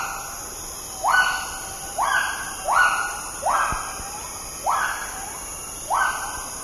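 Agile gibbon giving a series of six upward-swooping hoots, each fading slowly, with a constant high drone behind.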